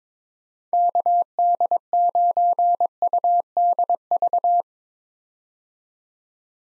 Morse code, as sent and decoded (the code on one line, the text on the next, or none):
-.- -.. ----. ..- -.. ...-
KD9UDV